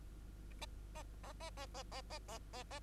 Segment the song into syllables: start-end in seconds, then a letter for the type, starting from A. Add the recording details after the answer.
0.61-0.66 A, 0.95-1.03 A, 1.23-1.33 A, 1.40-1.50 A, 1.57-1.66 A, 1.74-1.83 A, 1.91-2.01 A, 2.10-2.19 A, 2.28-2.39 A, 2.53-2.63 A, 2.70-2.79 A. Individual Bird2